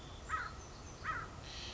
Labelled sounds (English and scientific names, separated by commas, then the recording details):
American Crow (Corvus brachyrhynchos)
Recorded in Sonoma County, California